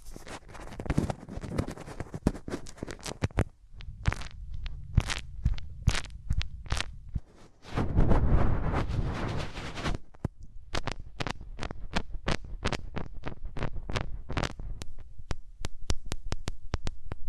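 Hands rub over ears in crackly, scratchy strokes with a deep muffled rumble underneath. Dense friction fills the first three seconds and again around eight to ten seconds, while sharp ticks and brief swipes come quickly and irregularly between and after. No speech.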